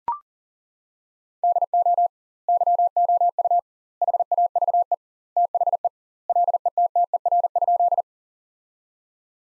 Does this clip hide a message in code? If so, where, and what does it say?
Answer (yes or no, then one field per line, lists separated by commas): yes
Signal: Morse code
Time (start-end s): 1.4-8.0 s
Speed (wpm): 40 wpm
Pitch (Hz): 700 Hz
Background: none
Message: DO YOU HAVE THE LETTER?